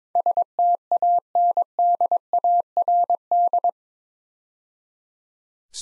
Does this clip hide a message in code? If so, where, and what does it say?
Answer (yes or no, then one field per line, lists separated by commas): yes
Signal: Morse code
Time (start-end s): 0.2-3.7 s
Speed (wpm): 22 wpm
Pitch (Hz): 700 Hz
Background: none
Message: STANDARD